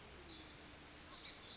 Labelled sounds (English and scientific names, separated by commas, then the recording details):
Pacific Wren (Troglodytes pacificus)
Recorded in Sonoma County, California